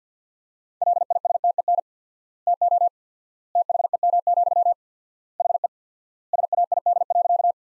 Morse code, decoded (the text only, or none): LISTEN TO THEM, HE SAID.